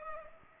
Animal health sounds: mosquito wingbeat signal from an infrared sensor; Culex pipiens

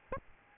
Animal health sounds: mosquito wingbeat signal from an infrared sensor; Aedes albopictus

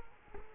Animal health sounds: mosquito wingbeat signal from an infrared sensor; Culex quinquefasciatus

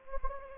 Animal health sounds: mosquito wingbeat signal from an infrared sensor; Anopheles gambiae

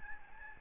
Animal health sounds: mosquito wingbeat signal from an infrared sensor; Aedes albopictus

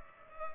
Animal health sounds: mosquito wingbeat signal from an infrared sensor; Culex pipiens

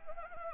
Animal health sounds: mosquito wingbeat signal from an infrared sensor; Anopheles arabiensis

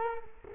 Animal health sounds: mosquito wingbeat signal from an infrared sensor; Culex quinquefasciatus

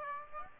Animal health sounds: mosquito wingbeat signal from an infrared sensor; Aedes aegypti

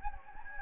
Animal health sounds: mosquito wingbeat signal from an infrared sensor; Anopheles gambiae

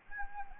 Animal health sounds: mosquito wingbeat signal from an infrared sensor; Anopheles arabiensis

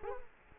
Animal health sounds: mosquito wingbeat signal from an infrared sensor; Culex quinquefasciatus

